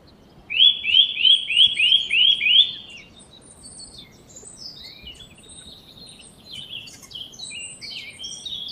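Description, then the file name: Eurasian nuthatch giving a quick series of six bright, rising whistled notes in about two seconds, followed by scattered high chirps. "Sitta europaea"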